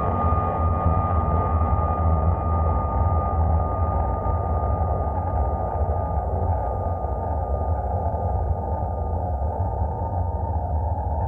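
A processed sine tone holds steady throughout, a thin pure line sitting over a thick, constant low hum and rumble. The sound stays even and unchanging for the whole length, dark overall with little top end and no distinct events.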